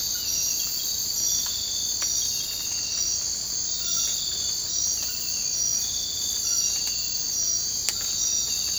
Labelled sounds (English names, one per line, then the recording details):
none
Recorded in dense forest near Puerto Asís, Putumayo, Colombia, on 24 March 2025 at 03:30
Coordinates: 0.485, -76.318
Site G056